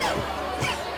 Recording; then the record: coughing mixed with background sound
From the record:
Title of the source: Dry Coughing Fit in the Afternoon.